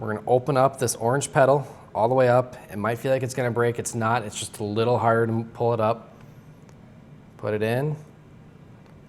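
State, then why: Not seated. Someone talks while opening the orange lever of a lever-type wire connector all the way up and putting a twisted black power wire into it. There is a faint brief tick near 6.7 s, then more talking. The lever has not yet been pressed shut, and nothing has clicked or seated yet.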